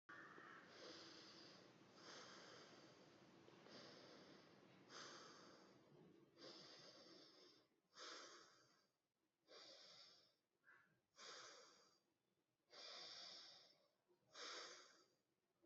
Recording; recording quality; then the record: deep breathing; excellent, no background noise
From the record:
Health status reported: healthy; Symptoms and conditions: none ticked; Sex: male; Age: 25 years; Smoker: not ticked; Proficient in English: yes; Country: India